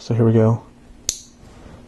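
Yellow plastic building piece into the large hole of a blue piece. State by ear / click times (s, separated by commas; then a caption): seated / 1.1 s. A big yellow plastic building-brick piece is pushed into a large hole on a blue plastic piece after someone talks briefly. It snaps into place with a single sharp, bright click at 1.1 s and is seated firmly.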